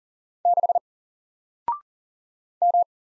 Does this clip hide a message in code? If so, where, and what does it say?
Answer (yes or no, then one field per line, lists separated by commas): yes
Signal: Morse code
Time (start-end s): 0.5-2.8 s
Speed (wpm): 39 wpm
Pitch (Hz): 700 Hz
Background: none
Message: 6 M